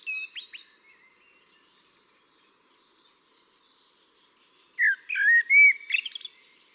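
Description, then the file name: Eurasian blackbird singing: squeaky high notes at first, a long quiet gap, then a loud warbled whistle that breaks into thin twittering. "Turdus merula"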